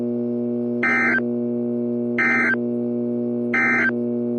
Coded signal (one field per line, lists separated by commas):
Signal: Emergency Alert System (SAME) tones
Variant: end-of-message bursts